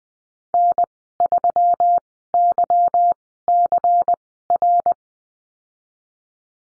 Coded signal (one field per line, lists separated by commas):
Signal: Morse code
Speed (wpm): 20 wpm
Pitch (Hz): 700 Hz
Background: none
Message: N3YCR